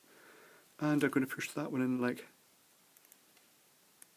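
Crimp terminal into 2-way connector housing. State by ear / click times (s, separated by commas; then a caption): seated / 4.0 s. Someone talks, then pushes a crimped metal terminal on thin wire into a small plastic 2-way 0.1 inch pitch connector housing. A few faint ticks come just before a sharp click at 4.0 s, when the terminal latches and is seated.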